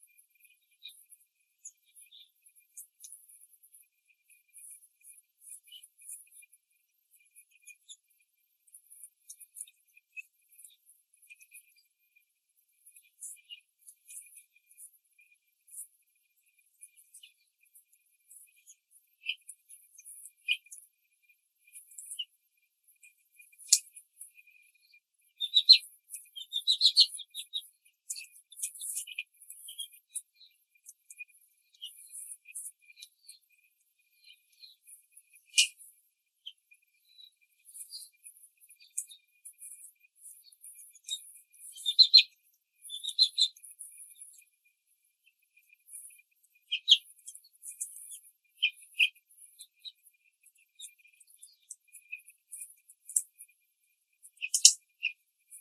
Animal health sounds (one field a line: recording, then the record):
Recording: young laying hens in a cage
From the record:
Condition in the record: control cage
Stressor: none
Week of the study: 5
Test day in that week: 1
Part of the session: 2